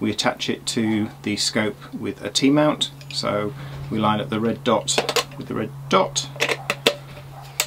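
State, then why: Seated. A T-mount adapter is lined up red dot to red dot on the lens bayonet of a CDS II Pro custom cooled DSLR-style astroimaging camera body and twisted until the bayonet locks. Someone talks over a steady low hum, with short sharp taps around 6.7 s and 7.6 s. The adapter clicks into place easily at 6.9 s.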